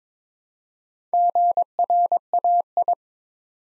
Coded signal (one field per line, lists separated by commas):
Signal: Morse code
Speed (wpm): 22 wpm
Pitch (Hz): 700 Hz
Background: none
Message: GRAI